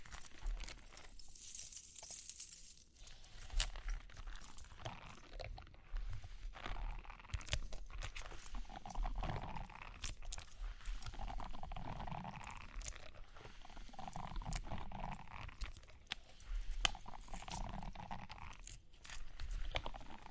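Tapping and scratching run throughout as a dense stream of small, irregular clicks and rubs, with a bright crinkly burst near two seconds. From about eight seconds on, soft repeated swishing sweeps come every couple of seconds, mixed with light jingling ticks.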